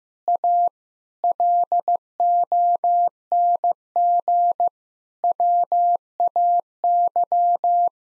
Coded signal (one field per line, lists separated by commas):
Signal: Morse code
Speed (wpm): 15 wpm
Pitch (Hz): 700 Hz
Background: none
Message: A LONG WAY